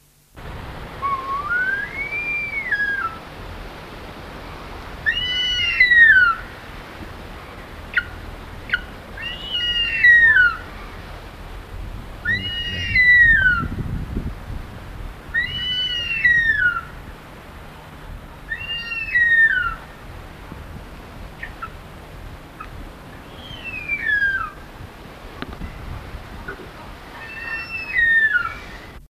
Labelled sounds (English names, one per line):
Harpy Eagle call